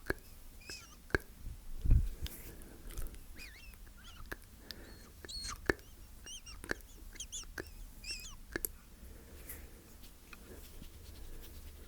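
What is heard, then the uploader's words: Slow mouth sounds: wet clicks, smacks and soft tongue noises arrive every half second or so across the twelve seconds, some with short squeaky chirps. A louder thump lands near two seconds, over a quiet, low rumbling background. ASMR Slow Mouth Sounds That Will Make You Tingle.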